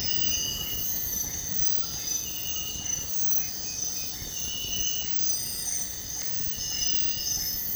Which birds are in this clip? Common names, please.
none